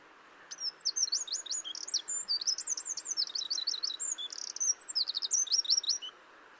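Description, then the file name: Eurasian wren song, a fast, high jumble of sharp chips, buzzy rattles and looping whistled notes running for about five seconds. "Troglodytes troglodytes"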